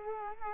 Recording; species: mosquito wingbeat signal from an infrared sensor; Culex quinquefasciatus